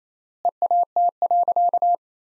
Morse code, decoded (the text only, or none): EAT.